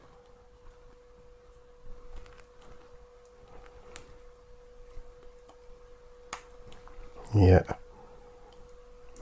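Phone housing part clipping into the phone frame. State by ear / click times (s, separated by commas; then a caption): seated / 9.2 s. While reassembling a Galaxy 21 Ultra smartphone after all its connectors and screws are fitted, a housing part is pressed into the phone frame and snaps in with a sharp click at 9.2 s, seating it. A steady low tone runs throughout with small taps and a brief louder burst around 7.3–7.7 s, and someone talks.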